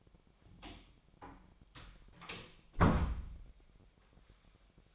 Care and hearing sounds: daily activity, microphone in the room; close door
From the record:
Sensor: 1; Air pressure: 1007.3 hPa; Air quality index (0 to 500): 197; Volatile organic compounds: 19 ppm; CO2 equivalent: 2659 ppm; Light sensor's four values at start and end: 13/34/14/15 and 13/32/13/15

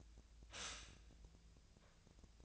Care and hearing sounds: daily activity, microphone in the room; stop toaster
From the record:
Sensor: 2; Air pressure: 1009.2 hPa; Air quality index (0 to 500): 186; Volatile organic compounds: 11 ppm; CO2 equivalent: 2314 ppm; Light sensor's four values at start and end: 22/56/24/26 and 22/56/24/26

